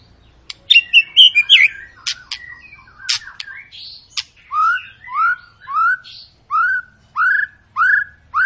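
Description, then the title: White-rumped shama song, opening with jumbled sharp notes and clicks, then settling into a series of rising whistled notes repeated roughly every half second. Long, chatty lure song used to prompt other birds to sing. "Pancingan Murai Batu Gacor Panjang"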